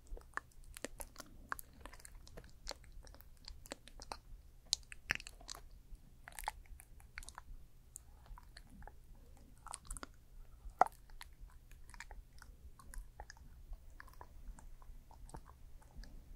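Makeup and hair styling sounds: dense, irregular crisp clicks and small crunchy taps throughout, over a steady low hum, with a sharper snap near eleven seconds.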